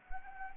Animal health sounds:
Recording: mosquito wingbeat signal from an infrared sensor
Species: Anopheles gambiae

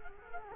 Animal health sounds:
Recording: mosquito wingbeat signal from an infrared sensor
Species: Culex quinquefasciatus

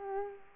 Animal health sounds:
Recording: mosquito wingbeat signal from an infrared sensor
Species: Culex quinquefasciatus

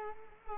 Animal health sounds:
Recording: mosquito wingbeat signal from an infrared sensor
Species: Culex quinquefasciatus

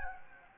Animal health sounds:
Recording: mosquito wingbeat signal from an infrared sensor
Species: Anopheles gambiae

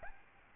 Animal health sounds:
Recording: mosquito wingbeat signal from an infrared sensor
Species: Aedes albopictus

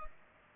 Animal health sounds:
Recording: mosquito wingbeat signal from an infrared sensor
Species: Culex pipiens

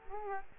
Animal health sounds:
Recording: mosquito wingbeat signal from an infrared sensor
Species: Culex quinquefasciatus

